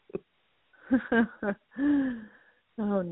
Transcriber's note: laughter